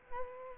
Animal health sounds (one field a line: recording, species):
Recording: mosquito wingbeat signal from an infrared sensor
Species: Culex quinquefasciatus